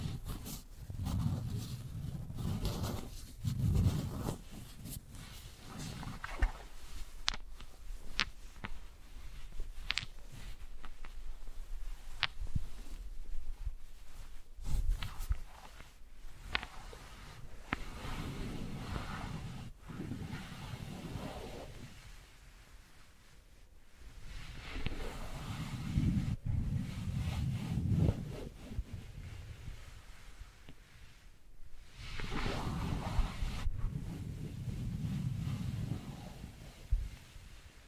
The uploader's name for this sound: Wooden Ball Triggers